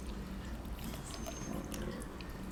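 Low, rumbling gurgle lasting a couple of seconds from an adult's stomach: ordinary stomach growling (borborygmi) from gas and fluid moving through the gut.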